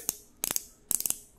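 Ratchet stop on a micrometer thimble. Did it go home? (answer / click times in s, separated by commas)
yes / 0.1 s, 0.4 s, 0.6 s, 0.9 s, 1.1 s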